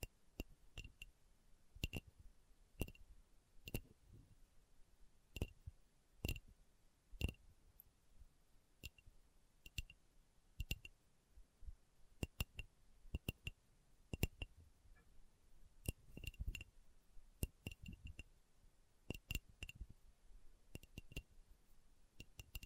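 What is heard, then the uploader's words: Slow tapping in crisp, sharp clicks, each with a slight bright ring like a fingertip on glass or hard plastic. Taps come about once a second, sometimes in quick pairs or small clusters, with soft hush filling the gaps. ASMR Slow Tapping for Deep Sleep (No Talking).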